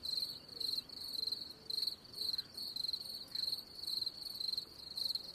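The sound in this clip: Cricket chirping: high, shrill pulsed trills repeated about twice per second in a steady rhythm, with a faint hiss beneath.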